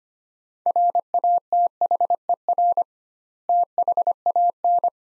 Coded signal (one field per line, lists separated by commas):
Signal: Morse code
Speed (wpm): 25 wpm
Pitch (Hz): 700 Hz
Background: none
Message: RATHER THAN